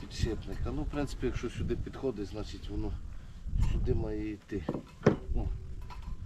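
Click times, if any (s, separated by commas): 5.1 s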